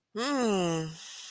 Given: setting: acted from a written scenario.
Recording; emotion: vocal sound without words; contentment